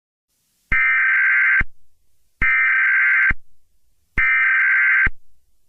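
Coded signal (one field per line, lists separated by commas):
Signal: Emergency Alert System (SAME) tones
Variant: header bursts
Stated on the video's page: Fictional EAS scenario.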